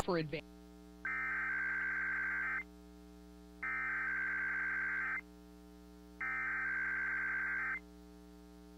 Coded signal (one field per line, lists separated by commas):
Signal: Emergency Alert System (SAME) tones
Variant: header bursts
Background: speech